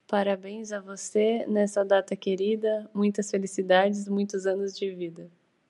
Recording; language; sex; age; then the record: short text; Brazilian Portuguese; female; 20 to 29 years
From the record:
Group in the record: control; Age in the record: 29 years